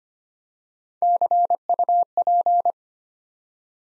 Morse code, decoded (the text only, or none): CUP